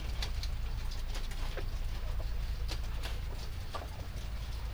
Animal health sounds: poultry house recording; sick chickens (respiratory disease)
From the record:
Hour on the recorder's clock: 0

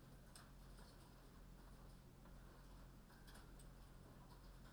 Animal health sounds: poultry house recording; no chicken sound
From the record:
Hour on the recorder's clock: 22

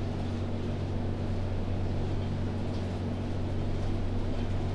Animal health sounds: poultry house recording; no chicken sound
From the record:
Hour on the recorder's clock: 22

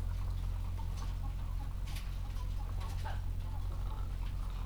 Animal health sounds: poultry house recording; sick chickens (respiratory disease)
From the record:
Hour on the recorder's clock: 14

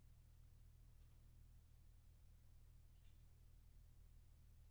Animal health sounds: poultry house recording; no chicken sound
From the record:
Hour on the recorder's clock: 1

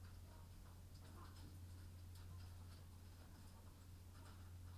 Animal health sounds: poultry house recording; sick chickens (respiratory disease)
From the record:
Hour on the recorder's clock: 22

